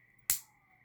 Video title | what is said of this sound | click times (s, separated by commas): Lego set tutorial ( pteradactal 3 in one) | there, which is satisfying click. | 0.3 s